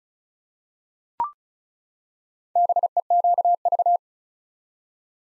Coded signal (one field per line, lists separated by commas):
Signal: Morse code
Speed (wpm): 36 wpm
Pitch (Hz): 700 Hz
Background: none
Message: BEQV